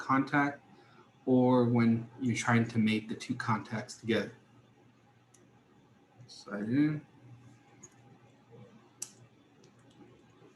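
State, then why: Seated. A crimped wire contact is pushed into a plastic connector housing while someone talks, followed by a few faint ticks. A sharp, distinct click at 9.0 s signals that the contact has seated in the housing and is good to go.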